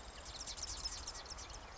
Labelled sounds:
Marsh Wren
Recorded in Sonoma County, California

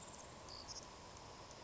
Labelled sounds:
Savannah Sparrow
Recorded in Sonoma County, California

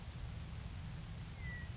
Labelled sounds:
Grasshopper Sparrow
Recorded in Sonoma County, California

